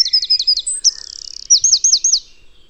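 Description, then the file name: Eurasian wren singing a rapid string of sharp high notes, a dry buzzy trill in the middle, then another quick series of looping whistled notes. "Troglodytes troglodytes"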